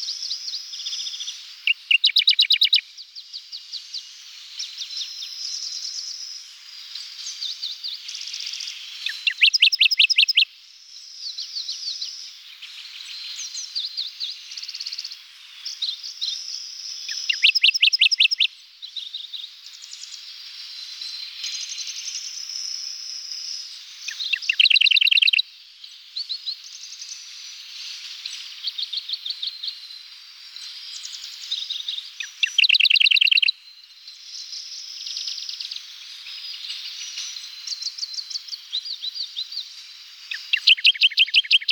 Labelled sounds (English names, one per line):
Radde's Warbler song